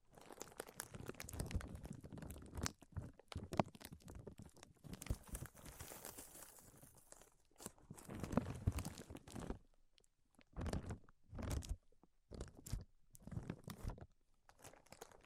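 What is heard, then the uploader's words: Tapping, scratching and tracing sounds come as dense crunchy bursts for eight seconds, then break into separate scrapes and taps with short silences between. Tapping, Scratching, and Tracing Sounds. (No Talking).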